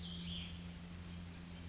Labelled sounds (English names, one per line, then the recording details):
Cassin's Vireo
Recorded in Sonoma County, California